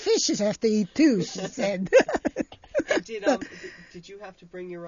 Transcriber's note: they laugh